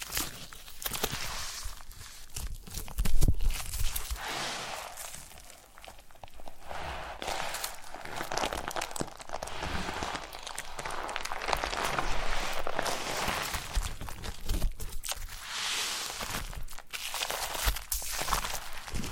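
Foam massage: dense, continuous rubbing and squeaking with a crinkly, crunchy texture, full of quick irregular scrapes across low and bright tones. The level stays fairly even, with a sharper burst around three seconds and brighter squeaks around sixteen seconds.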